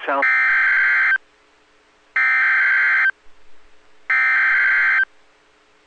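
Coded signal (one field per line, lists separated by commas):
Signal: Emergency Alert System (SAME) tones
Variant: header bursts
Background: speech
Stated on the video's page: Tornado warning from NOAA weather radio transmitter.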